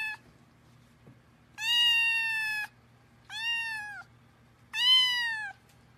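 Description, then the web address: Cat meowing: three drawn-out meows, the ends slightly falling, separated by short pauses, with a faint low hum behind. "Kucing"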